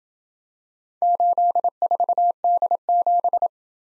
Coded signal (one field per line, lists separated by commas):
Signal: Morse code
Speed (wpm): 27 wpm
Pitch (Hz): 700 Hz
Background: none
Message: 84D7